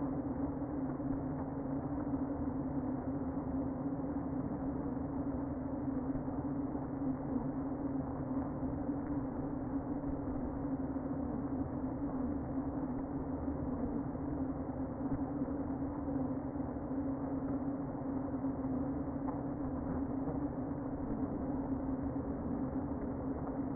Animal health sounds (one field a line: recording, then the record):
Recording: honeybee colony, microphone inside the hive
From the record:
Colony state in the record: queen present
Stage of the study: before two queens were removed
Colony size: about 60,000 bees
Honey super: yes